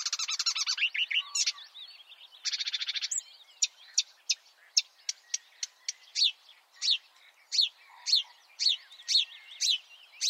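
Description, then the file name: Marsh warbler song opening with two harsh buzzy trills, then a long sequence of separate high clicks and rising whistled notes. "suara kicauan burung marsh warbler. omkicau"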